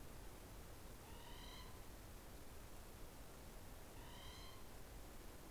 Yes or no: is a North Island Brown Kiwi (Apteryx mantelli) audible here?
no